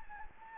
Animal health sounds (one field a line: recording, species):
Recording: mosquito wingbeat signal from an infrared sensor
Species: Anopheles gambiae